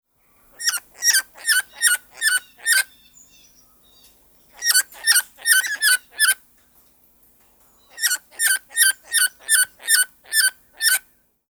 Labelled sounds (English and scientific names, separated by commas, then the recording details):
Yellow-bibbed Lory (Lorius chlorocercus)
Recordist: Tembrock, Günter
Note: Rufe